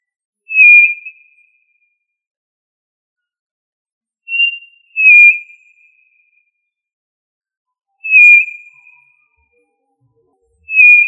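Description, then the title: Tinamou whistles: clear, slightly falling notes about a second long, given every few seconds, once as a quick pair, over an otherwise silent background. "Familia Tinamidae - Quail - Puyuh"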